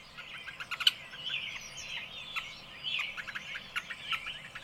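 Birds twittering in a soft, continuous high chorus, with a few sharper chirps standing out above it.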